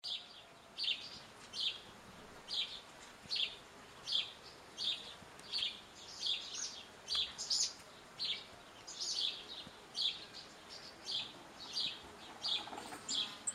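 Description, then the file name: House sparrow giving a long run of sharp, bright chirps, over a soft hiss with faint high ticking. "Passer domesticus"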